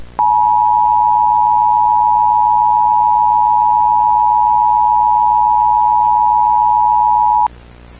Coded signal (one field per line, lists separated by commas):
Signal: Emergency Alert System (SAME) tones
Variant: 853 and 960 Hz attention tone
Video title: EAS Scenario: The Entity That Feeds On Uranium 2